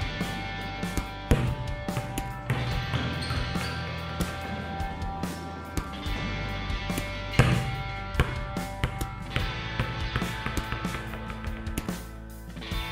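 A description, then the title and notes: Volleyball spikes and bounces land as sharp thuds over a steady hum, with a loud smack near seven seconds and faint voices. Volleyball spikes + bounce.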